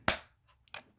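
A plastic laser shield, the port adapter of a quick-disconnect Jtech laser mount, is pushed onto the back of the mount and snaps into place with a sharp, loud snap at 0.1 s. Smaller clicky handling noises follow around 0.7 s. The shield is seated firmly in the mount.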